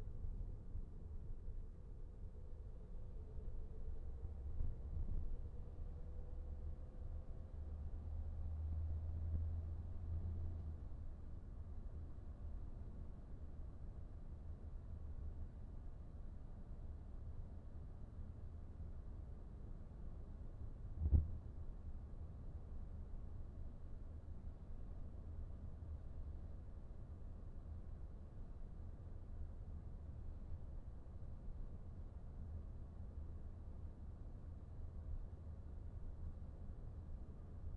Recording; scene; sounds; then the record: everyday scene through a hearing-aid microphone; in a vehicle; engine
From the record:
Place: VW T5 Caravelle, diesel engine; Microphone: behind the ear, right, rear